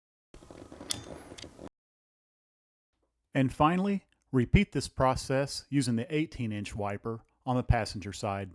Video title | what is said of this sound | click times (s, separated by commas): Chevy Equinox Wiper Blade Replacement - 2018-2022 | Snap the latch closed and gently return the wiper to the windshield. | 0.9 s